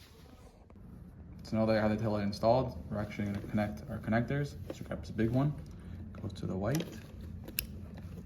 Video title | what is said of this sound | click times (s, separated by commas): 2024+ HONDA CBR/CB 650R INTEGRATED TAILLIGHT + TUCKED MOUNT - INSTALLATION | you hear a click like that. | 7.6 s